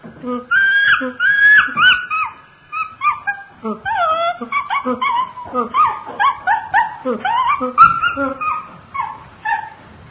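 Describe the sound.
Chimpanzee calls, a string of tonal hoots and whimpering cries rising and falling in pitch, tightly bunched over about ten seconds.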